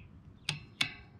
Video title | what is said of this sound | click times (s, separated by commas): Fox Kabolt X Axle Install - MTB Nightmare - Stolen Bike | hear the click feel the click you're done | 0.8 s